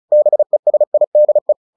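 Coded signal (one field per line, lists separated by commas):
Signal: Morse code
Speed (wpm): 36 wpm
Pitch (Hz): 600 Hz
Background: none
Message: BESIDE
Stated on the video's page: Morse headcopy practice of a short story at 35 WPM.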